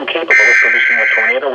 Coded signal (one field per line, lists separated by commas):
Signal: Emergency Alert System (SAME) tones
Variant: header bursts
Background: speech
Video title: Tornado Warning (EAS #511)